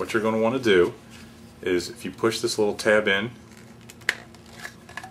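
Someone talks, then pushes a small tab on a Cigar Oasis Ultra electronic cigar humidifier, and a sharp click at 4.1 s marks the plastic distilled-water cartridge releasing and popping out. A few faint handling clicks follow.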